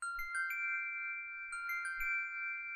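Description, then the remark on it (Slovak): A small glass bell rings with bright, high, sustained tones, struck several times so that fresh tinkling chimes layer over the lingering ring. No voices are heard. “Nechaj si zvonček. Veď aký by to bol kráľ, ktorého moc by bola v kúsku skla zakliata.”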